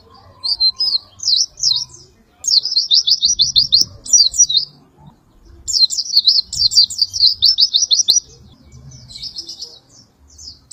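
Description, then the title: White-eye singing short high chirps followed by two long trills of rapidly repeated squeaky notes, with quiet gaps between. "Pleci"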